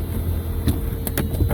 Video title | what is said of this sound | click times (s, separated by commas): 2001 Ferrari 360 Spider - one owner- 17k miles- clean vin history- recent clutch kit installed | locks in place windows go up up up complete | 1.1 s, 1.2 s